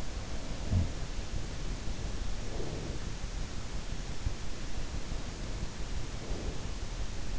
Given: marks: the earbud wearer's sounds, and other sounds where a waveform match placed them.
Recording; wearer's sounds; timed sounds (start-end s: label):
sounds in sleep by an in-ear microphone; breath
0.00-1.11 s: breath
0.61-0.88 s: sound from someone else or the room
2.23-3.08 s: breath
4.98-6.80 s: breath